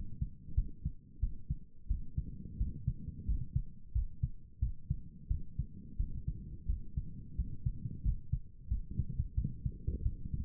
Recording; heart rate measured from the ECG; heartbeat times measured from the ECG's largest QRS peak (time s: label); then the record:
heart sounds by stethoscope; 89 bpm
0.54 s: heartbeat
1.20 s: heartbeat
1.87 s: heartbeat
2.57 s: heartbeat
3.25 s: heartbeat
3.92 s: heartbeat
4.59 s: heartbeat
5.28 s: heartbeat
5.97 s: heartbeat
6.66 s: heartbeat
7.35 s: heartbeat
8.02 s: heartbeat
8.68 s: heartbeat
9.34 s: heartbeat
10.02 s: heartbeat
From the record:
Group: healthy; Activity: rest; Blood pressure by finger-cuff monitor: 110/75 mmHg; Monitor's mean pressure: 86 mmHg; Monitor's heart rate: 89 bpm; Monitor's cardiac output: 7.3 L/min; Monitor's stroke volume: 82 mL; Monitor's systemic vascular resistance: 850 dyn s/cm5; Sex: male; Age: 19 years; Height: 178 cm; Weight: 83 kg